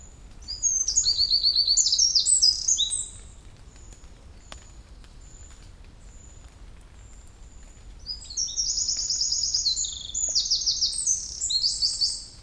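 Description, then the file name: Eurasian wren song: a loud burst of fast, high trills, a pause with thin high notes, then a longer second outpouring of rapid trills and chips. "Troglodytes troglodytes"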